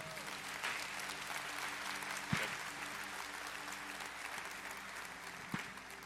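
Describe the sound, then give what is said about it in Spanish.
A crowd breaks into steady, dense applause welcoming a pastor. The applause holds evenly throughout, with a few sharper claps and thumps standing out over the continuous wash of clapping. “Y eso es algo que nos va a hablar el pastor Gilberto, a quien yo pido que le des un aplauso de bienvenida.”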